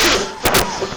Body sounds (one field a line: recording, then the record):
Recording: coughing mixed with background sound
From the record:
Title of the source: Mid-morning Winter Coughing Fit